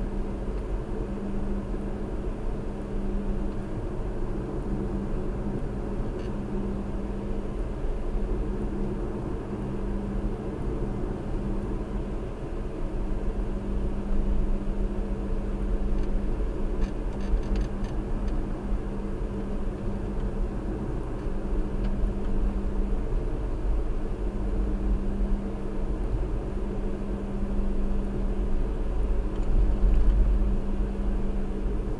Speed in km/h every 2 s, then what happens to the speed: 53, 55, 53, 55, 53, 55, 53, 53, 53, 53, 55, 53, 55, 53, 52, 53.
0-32 steady at about 53.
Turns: none.